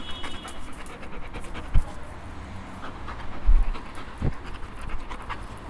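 Dog breathing heavily, soft irregular huffs over low rumbling background noise, with a few louder thumps.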